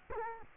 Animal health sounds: mosquito wingbeat signal from an infrared sensor; Culex quinquefasciatus

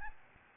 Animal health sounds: mosquito wingbeat signal from an infrared sensor; Aedes albopictus

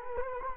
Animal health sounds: mosquito wingbeat signal from an infrared sensor; Culex quinquefasciatus

